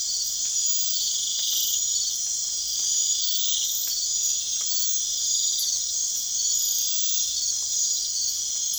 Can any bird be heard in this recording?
no